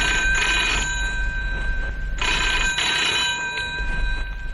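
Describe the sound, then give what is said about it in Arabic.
A telephone in a button factory rings twice, each ring a bright, rapidly trilling electric bell burst, with a pause of over a second between them and a steady low background hum throughout. “اوه تعال انت رد على التليفون، اذا حد سال عليا قول له انا مش هنا.”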